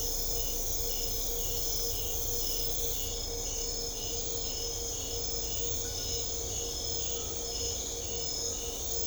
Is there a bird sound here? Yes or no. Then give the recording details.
no. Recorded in secondary vegetation near Puerto Asís, Putumayo, Colombia, on 21 December 2024 at 02:00. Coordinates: 0.500, -76.326. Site G065